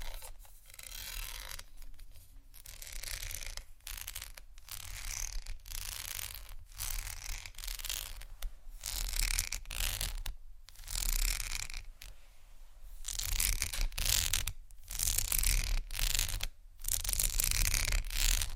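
Plastic and glass rattling and scratching, with dense, gritty clatter that surges and breaks off in uneven bursts, separated by brief dark gaps every second or so. The rustling is bright and busy throughout, over a low steady rumble underneath.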